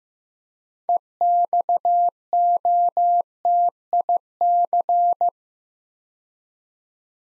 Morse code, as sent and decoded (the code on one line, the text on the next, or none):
. -..- --- - .. -.-.
EXOTIC